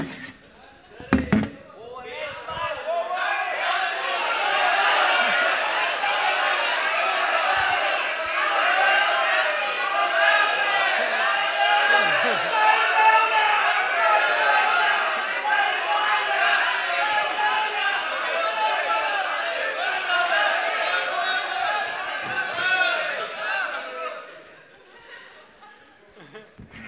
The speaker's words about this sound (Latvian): Just because you guys all screamed that. Tikai tāpēc, ka jūs to visu tā kliedzāt.